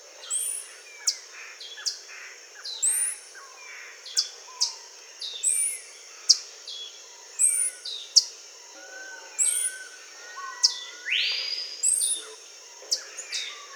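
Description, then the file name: Birds calling in a busy chorus: repeated piercing high chips, buzzy rasping bursts and a few lower sliding whistles overlap continuously. "SABIOD 50 bird 2015"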